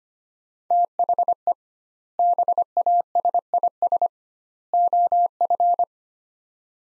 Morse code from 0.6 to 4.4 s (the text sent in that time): THE BASIS